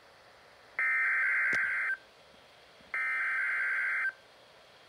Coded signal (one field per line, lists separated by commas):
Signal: Emergency Alert System (SAME) tones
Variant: header bursts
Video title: NOAA Weather Radio: Required Weekly Test on KWO37 (EAS #24)